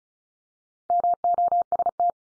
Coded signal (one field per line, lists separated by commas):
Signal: Morse code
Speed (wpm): 34 wpm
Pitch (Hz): 700 Hz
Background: none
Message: MOST